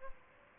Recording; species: mosquito wingbeat signal from an infrared sensor; Aedes albopictus